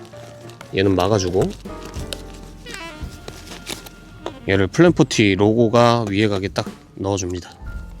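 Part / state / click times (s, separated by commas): pump adapter fitting into air tent inflation valve / not seated / none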